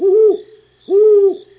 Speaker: Hey, there's that great horned owl again, but this time I'm hearing hooting instead of screeching.